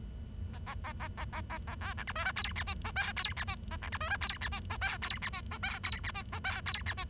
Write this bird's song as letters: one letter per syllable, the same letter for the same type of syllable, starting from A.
A A A A A A A A B C D E F G H I J K G H I A C D E F G H I J K G H I J K G H I J K G H I